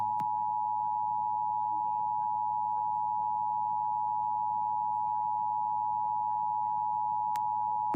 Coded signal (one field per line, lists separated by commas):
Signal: Emergency Alert System (SAME) tones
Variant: 853 and 960 Hz attention tone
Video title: EAS 198 RMT for May 2023